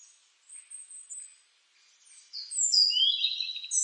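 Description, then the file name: European robin with faint high notes at first, then a louder run of thin, sliding whistles that drop in pitch. "Rudzik"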